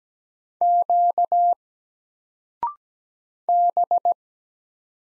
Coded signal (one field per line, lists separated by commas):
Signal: Morse code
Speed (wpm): 17 wpm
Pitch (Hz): 700 Hz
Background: none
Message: Q B